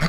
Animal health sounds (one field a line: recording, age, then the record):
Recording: pig call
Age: piglet (1 to 25 days)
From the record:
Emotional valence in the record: positive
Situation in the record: reunion after long isolation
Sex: male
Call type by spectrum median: low-frequency call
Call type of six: low-frequency modulated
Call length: 0.09 s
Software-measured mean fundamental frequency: 142 Hz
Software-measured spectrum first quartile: 131 Hz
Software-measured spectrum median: 560 Hz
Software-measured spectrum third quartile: 2007 Hz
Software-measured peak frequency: 164 Hz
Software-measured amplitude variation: 46 dB a second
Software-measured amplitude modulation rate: 5.6 a second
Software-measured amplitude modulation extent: 8.2 dB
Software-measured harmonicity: 3.6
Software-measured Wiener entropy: -1.47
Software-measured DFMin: 642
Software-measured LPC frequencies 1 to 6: 1383, 2065, 3303, 4183, 4635, 5384 Hz